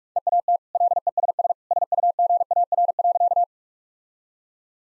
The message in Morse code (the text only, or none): EAT LESS SUGAR.